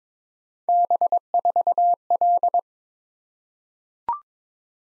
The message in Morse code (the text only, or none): B4L